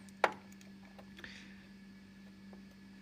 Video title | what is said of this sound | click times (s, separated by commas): How to Swap Your PC CPU Like a Pro: Step-by-Step Upgrade Guide! | So that will pop into place like that. | 0.2 s